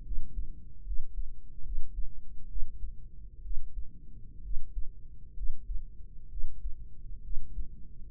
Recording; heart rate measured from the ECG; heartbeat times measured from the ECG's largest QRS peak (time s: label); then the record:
heart sounds by microphone in the right ear; 67 bpm
0.01 s: heartbeat
0.82 s: heartbeat
1.61 s: heartbeat
2.46 s: heartbeat
3.41 s: heartbeat
4.40 s: heartbeat
5.33 s: heartbeat
6.27 s: heartbeat
7.20 s: heartbeat
8.08 s: heartbeat
From the record:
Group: healthy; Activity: rest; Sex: female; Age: 23 years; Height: 160 cm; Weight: 50.4 kg